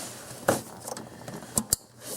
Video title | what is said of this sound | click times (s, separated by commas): 2001 Infiniti QX4 3.5L Import Tune Up Series Pt.3 Driver's Side II E3 Spark Plug Install (CYL 6) | Hear the click. | 1.6 s, 1.7 s